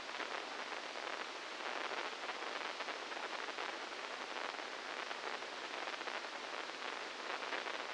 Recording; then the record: brain microelectrode recording played as sound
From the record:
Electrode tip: inside the subthalamic nucleus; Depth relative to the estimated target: -3 mm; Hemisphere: left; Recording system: NeuroSet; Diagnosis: Parkinson's disease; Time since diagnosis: 15 years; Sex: female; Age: 59 years